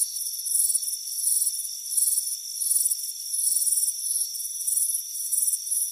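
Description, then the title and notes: Crickets give shrill pulsed chirps in repeated bursts over a steady high drone. Crickets chirping on a warm afternoon on a front porch. "Soothing Crickets Chirping Sound. It's a warm afternoon as you relax in a hammock on the front porch. Relax and fall asleep to the soothing sound of chirping crickets. Deep Sleep Sounds"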